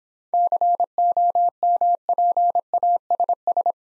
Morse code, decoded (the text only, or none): COMPASS